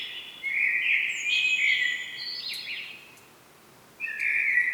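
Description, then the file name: Common blackbird singing: a warbled phrase with a wavering, fluttering section, a brief lull, then another phrase starting at the end. "Turdus merula"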